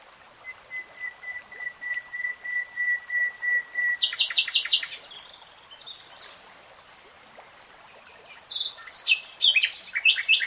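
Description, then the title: Nightingale song: a long steady pure whistle, then a series of rapid sharp notes, a pause, and a jumbled fast phrase, with faint background hiss. Nightingale singing, recorded in real time. "[Tiếng chim hót] 3 Hours REALTIME Nightingale Singing"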